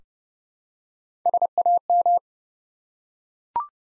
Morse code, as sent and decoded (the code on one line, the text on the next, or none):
... .- --
SAM